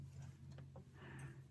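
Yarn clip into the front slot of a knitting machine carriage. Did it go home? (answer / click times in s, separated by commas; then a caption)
yes / 0.8 s. The plastic clip holding the contrast-color yarn is pushed into the slot at the front of a knitting machine carriage over a steady low hum, with a soft tap just before a sharp click at 0.8 s. The clip snaps in and is seated.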